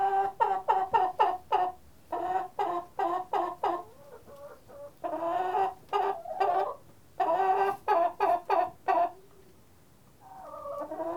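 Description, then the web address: Chicken clucking: rapid bursts of throaty clucks in quick runs, separated by short pauses, ending with a drawn-out nasal call. "Jerry Apps Winter chickens"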